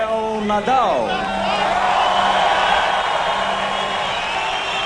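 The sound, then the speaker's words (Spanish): A large crowd of spectators at the Olympic Games gives Rafael Nadal a loud, sustained ovation on court number one, which is not full. It is a dense roar of cheering and clapping with a few rising whoops and shouts near the start, holding steady for the whole stretch. “Esta es la ovación que se lleva don Rafael Nadal Parera de esta pista número uno, y eso que no está llena.”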